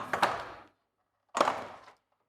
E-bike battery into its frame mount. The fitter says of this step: just drop it in remove the key and then press firmly until it clicks